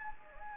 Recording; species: mosquito wingbeat signal from an infrared sensor; Anopheles gambiae